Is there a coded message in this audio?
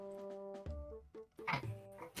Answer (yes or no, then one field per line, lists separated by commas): no